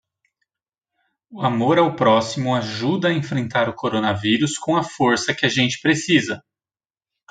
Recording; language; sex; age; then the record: spoken sentence; Brazilian Portuguese; male; 30 to 39 years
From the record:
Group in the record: control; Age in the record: 36 years